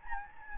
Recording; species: mosquito wingbeat signal from an infrared sensor; Anopheles gambiae